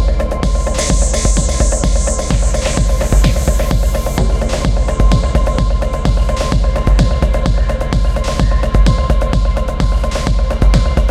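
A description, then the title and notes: A garden scene with a steady low hum and a faint sustained whine running underneath. Rapid, irregular clicks and ticks come thick and fast from start to end, while a bright hiss sits over the first four seconds and then drops away. Record in a garden.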